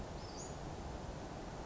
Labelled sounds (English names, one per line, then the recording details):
Western Flycatcher
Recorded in Sonoma County, California